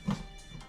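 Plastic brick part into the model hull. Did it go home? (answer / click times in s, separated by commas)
no / none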